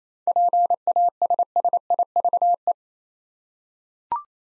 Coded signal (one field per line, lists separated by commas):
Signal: Morse code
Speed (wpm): 28 wpm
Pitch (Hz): 700 Hz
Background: none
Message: PASSIVE